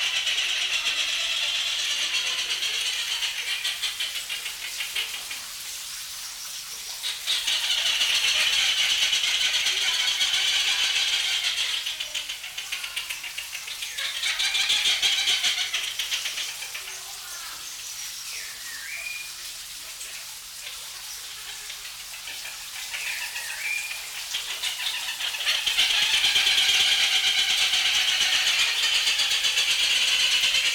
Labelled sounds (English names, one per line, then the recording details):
Inca Tern call
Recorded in captivity
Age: adult
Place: Zoo Augsburg, Bayern, DE
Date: 1993-09-04
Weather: 14 °C, bedeckt
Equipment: Marantz CP 430, Sennheiser MKH 416 T, Kopie Uher Variocord 263
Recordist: Tembrock, Günter